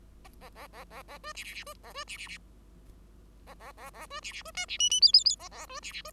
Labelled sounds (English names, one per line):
Bengalese Finch song